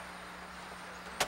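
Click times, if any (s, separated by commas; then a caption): 1.2 s. A hard drive is pushed into its mounting bay in a computer case over a steady background hiss with a low hum. A short, sharp snap at 1.2 s marks the drive seating into place.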